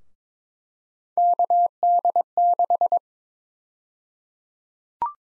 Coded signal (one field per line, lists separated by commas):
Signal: Morse code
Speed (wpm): 22 wpm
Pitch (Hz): 700 Hz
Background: none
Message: KD6